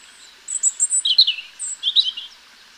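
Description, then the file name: European robin singing a short phrase of high, thin warbling notes, a sweet descending trill, then a brief pause and another twittering flourish. "Erithacus rubecula"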